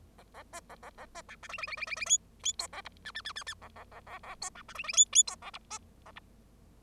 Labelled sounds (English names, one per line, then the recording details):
Bengalese Finch song
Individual Bird0